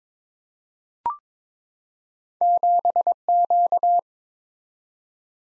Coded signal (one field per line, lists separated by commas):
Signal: Morse code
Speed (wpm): 22 wpm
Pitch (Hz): 700 Hz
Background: none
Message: 7Q